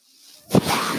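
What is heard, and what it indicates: Brief quiet, then a soft airy whoosh and puff as a person's own home mechanical ventilator delivers a breath.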